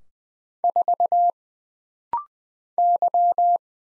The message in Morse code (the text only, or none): 4 Y